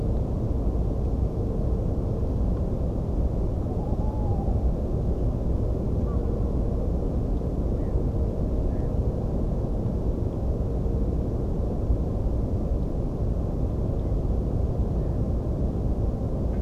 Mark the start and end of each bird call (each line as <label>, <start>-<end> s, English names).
Black-headed Gull, 7.77-7.93 s
Black-headed Gull, 8.69-8.90 s
Black-headed Gull, 14.97-15.18 s